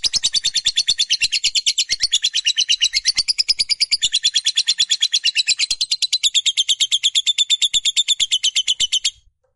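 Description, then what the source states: Lovebird giving a sustained, rapid chattering trill of harsh high notes, evenly pulsed for about nine seconds before stopping abruptly. Fighter lovebird giving a long chatter (ngekek panjang).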